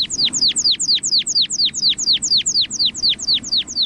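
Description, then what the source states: American pipit song: a rapid, even series of high, thin, down-slurred notes, running steadily throughout without pause. Bird hovers overhead trilling a long torrent of notes, in open rocky alpine zone at the top of a mountain climb.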